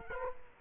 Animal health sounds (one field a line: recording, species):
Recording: mosquito wingbeat signal from an infrared sensor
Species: Culex quinquefasciatus